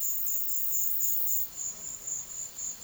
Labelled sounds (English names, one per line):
none